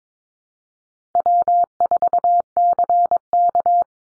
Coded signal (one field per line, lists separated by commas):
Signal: Morse code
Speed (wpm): 22 wpm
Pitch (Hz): 700 Hz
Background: none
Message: W4CK